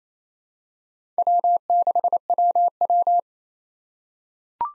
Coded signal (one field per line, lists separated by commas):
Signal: Morse code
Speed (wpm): 28 wpm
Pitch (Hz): 700 Hz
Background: none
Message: W6WW